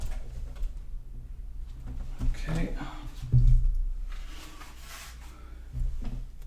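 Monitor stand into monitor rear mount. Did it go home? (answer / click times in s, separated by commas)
no / none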